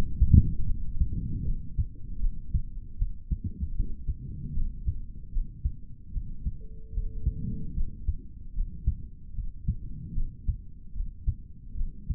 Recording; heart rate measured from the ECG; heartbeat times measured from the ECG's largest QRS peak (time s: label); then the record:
heart sounds by stethoscope; 76 bpm
0.66 s: heartbeat
1.44 s: heartbeat
2.20 s: heartbeat
2.97 s: heartbeat
3.74 s: heartbeat
4.53 s: heartbeat
5.32 s: heartbeat
6.12 s: heartbeat
6.92 s: heartbeat
7.74 s: heartbeat
8.53 s: heartbeat
9.33 s: heartbeat
10.13 s: heartbeat
10.93 s: heartbeat
11.74 s: heartbeat
From the record:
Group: healthy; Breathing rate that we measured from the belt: 20 breaths a minute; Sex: male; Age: 55 years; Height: 167 cm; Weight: 57.2 kg